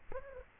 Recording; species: mosquito wingbeat signal from an infrared sensor; Aedes aegypti